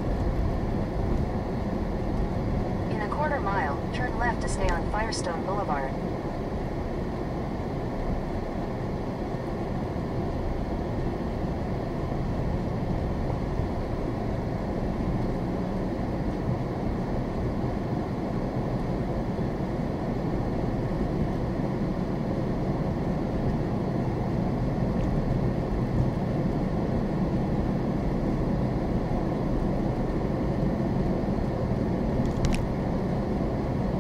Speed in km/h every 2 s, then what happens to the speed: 23, 21, 19, 18, 16, 18, 19, 26, 29, 32, 34, 34, 34, 35, 39, 42, 42.
0-9 slows to 16. 9-18 speeds up to 32. 18-25 steady at about 34. 25-30 speeds up to 42.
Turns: 7-12.